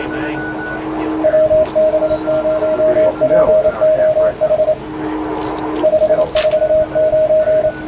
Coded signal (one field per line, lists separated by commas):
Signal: Morse code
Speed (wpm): 25 wpm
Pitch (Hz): 620 Hz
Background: speech, radio noise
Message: WB0POH 549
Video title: W1HP Amateur Radio Solar Eclipse Reverse Beacon Network Exercise - August 21, 2017